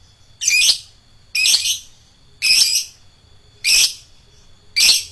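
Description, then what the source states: Lovebird shrill calls, five harsh, buzzy bursts spaced about a second apart over a steady high whine. Adult lovebird, described as a fighter lovebird.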